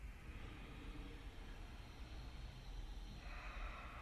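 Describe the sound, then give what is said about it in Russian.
Slow, steady ujjayi breathing, an audible yoga throat breath, taken while the foot is pressed firmly down during a yoga exercise: a soft, hissing throat constriction, a continuous airy rush that shifts to a brighter, rougher tone near the end as the breath changes direction. Faint, with no talking. “И больше стараемся внутренней частью вообще вот плотно-плотно ступню прижимаем и дышим. Раз, уджайи.”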